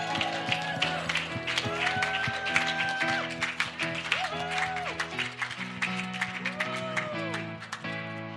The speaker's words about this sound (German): Halleluja, oh danke, gib ihm mal einen Applaus.